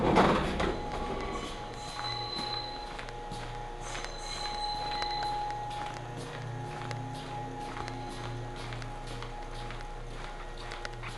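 A ride on an Ohmi Railway train heading toward Kibukawa: a steady low motor rumble with a constant mid-pitched whine runs throughout. A louder burst opens the clip, thin high whines come and go early on, and scattered knocks and rattles recur.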